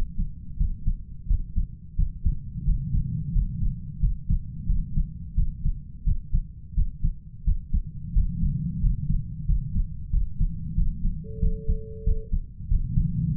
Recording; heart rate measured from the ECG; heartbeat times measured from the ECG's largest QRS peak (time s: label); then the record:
heart sounds by stethoscope; 89 bpm
0.57 s: heartbeat
1.27 s: heartbeat
1.96 s: heartbeat
2.65 s: heartbeat
3.32 s: heartbeat
4.00 s: heartbeat
4.66 s: heartbeat
5.35 s: heartbeat
6.04 s: heartbeat
6.75 s: heartbeat
7.44 s: heartbeat
8.13 s: heartbeat
8.81 s: heartbeat
9.46 s: heartbeat
10.10 s: heartbeat
10.75 s: heartbeat
11.40 s: heartbeat
12.04 s: heartbeat
12.68 s: heartbeat
13.33 s: heartbeat
From the record:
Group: healthy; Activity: rest 0-11 s, Valsalva maneuver 11-13 s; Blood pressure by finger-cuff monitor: 127/82 mmHg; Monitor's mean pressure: 96 mmHg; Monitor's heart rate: 88 bpm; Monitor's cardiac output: 7.3 L/min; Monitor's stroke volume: 83 mL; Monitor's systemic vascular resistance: 960 dyn s/cm5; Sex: male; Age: 33 years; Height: 179 cm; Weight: 80.4 kg